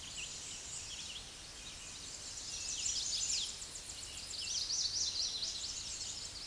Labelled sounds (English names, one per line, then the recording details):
Chestnut-sided Warbler song
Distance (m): 10 m
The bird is about 5 m above the microphone
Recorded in a Pennsylvania forest on 16 May 2024 at 08:12
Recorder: AudioMoth, point MSD-1679
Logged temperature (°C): 16.1 °C
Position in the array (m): 129 m, 172 m